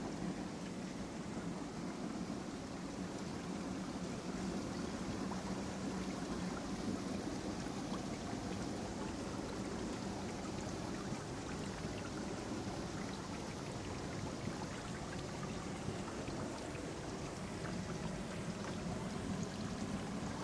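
Water rushes steadily through a sandstone creek, a dense, unbroken wash of splashing and churning that holds the same level for the whole stretch. A deep, rumbling low layer sits beneath brighter fizzing and spattering, with countless small droplet ticks scattered throughout.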